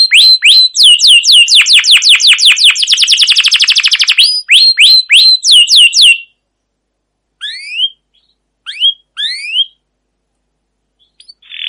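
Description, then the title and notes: Canary delivering a run of fast downslurred notes merging into a buzzy roll, followed by scattered single upslurred whistles. Domestic canary singing a long continuous rolling song (ngerol, gacor panjang), used as a lure to train other canaries. "CUIT CUIT NGEROL LANGSUNG GACOR PANJANG Kenari Ini AMPUH Utk Pancingan KENARI PAUD BELAJAR BUNYI. burung kenari"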